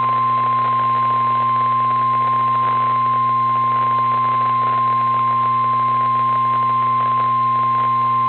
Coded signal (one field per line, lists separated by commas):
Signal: Emergency Alert System (SAME) tones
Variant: 1050 Hz attention tone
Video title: TORNADIC ILLINOIS STORM EAS #72